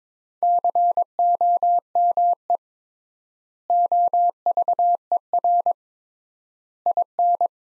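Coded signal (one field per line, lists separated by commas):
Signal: Morse code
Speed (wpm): 22 wpm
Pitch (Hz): 700 Hz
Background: none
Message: COME OVER IN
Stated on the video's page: Computer-generated practice sentences from the top 300 words at 22 wpm with 3x word spacing, a Farnsworth-like method applied to words.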